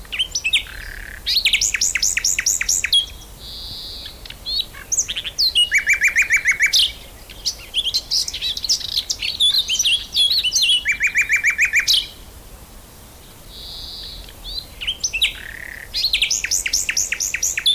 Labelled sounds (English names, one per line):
Eurasian Blackcap song